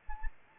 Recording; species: mosquito wingbeat signal from an infrared sensor; Anopheles arabiensis